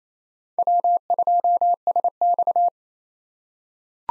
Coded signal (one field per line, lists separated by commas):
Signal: Morse code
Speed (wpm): 27 wpm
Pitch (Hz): 700 Hz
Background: none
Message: W2SX